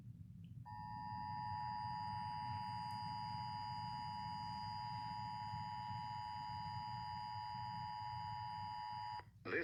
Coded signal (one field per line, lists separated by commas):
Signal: Emergency Alert System (SAME) tones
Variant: 853 and 960 Hz attention tone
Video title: EAS #105-108 Required Monthly Test KSL-1160 (Other Radio Station) (KUED) & MyUT